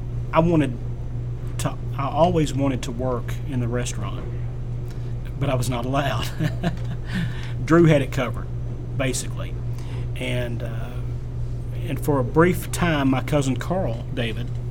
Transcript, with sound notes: I always wanted to work in the restaurant, but I was not allowed. [Laughs] Drew had it covered, basically. And for a brief time, my cousin Carl David